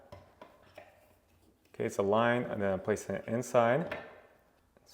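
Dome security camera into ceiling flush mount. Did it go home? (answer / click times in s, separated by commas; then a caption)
no / none. A UniFi G5 Dome Ultra dome security camera is lined up by its gray alignment dots with the dots on a ceiling flush mount, ready to be placed in and turned to lock. Light contact and handling taps come in the first second, then someone talks from about 1.8 s. The camera has not clicked or locked yet.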